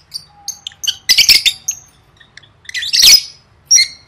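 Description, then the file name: Lovebird producing scattered short whistled chirps and a few louder harsh squawk bursts, with quieter moments between. "tieng vet mau don"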